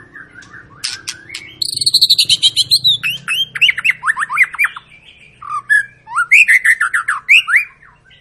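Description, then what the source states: White-rumped shama delivering rapid rattling trills, then a run of quick downslurred whistles and varied loud phrases; faint low hum underneath. Long lure song of an actively singing shama, used to prompt other birds to sing.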